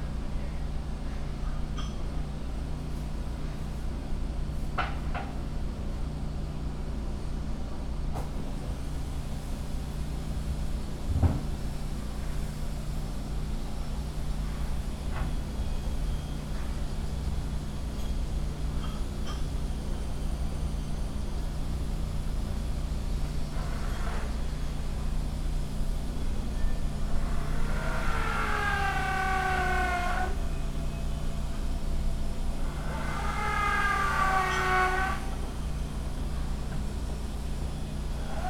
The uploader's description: field recordings I made in Kyoto Japan